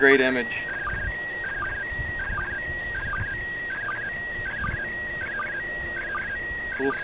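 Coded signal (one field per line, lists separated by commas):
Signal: SSTV (slow-scan television)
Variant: PD 180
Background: speech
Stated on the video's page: SSTV image from the International Space Station during an event marking the Apollo-Soyuz docking anniversary.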